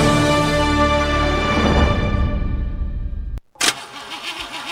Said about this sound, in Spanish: ¿No te arranca el auto? Baterías Iturbide es la solución.